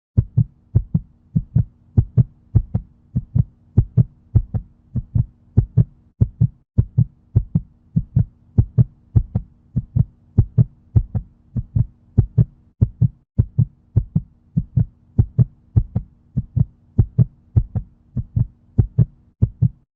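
Steady, regular lub-dub heartbeat thumps at roughly 70 beats a minute over a faint low hum.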